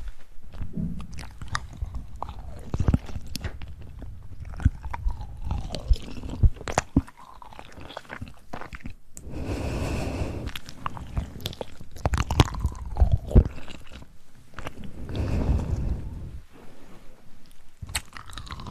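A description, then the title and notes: Tingly mouth sounds: wet chewing, crunching and bites in irregular bursts, with sharp clicks and softer smacking stretches around ten and fifteen seconds. ASMR Tingly Mouth Sounds.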